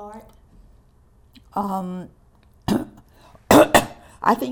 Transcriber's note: coughing